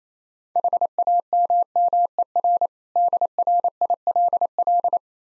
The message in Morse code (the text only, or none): HAMMER DRILL